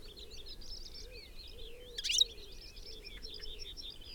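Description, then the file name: European goldfinch call: one short, bright, buzzy twitter standing out once over steady chirping and trilling. "Carduelis carduelis"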